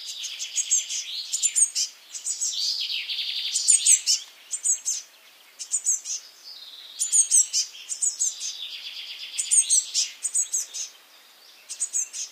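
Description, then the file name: Eurasian blue tit calling: thin high notes in quick clusters alternating with harsh, buzzy scolding churrs, repeated throughout with short pauses. "Cyanistes caeruleus"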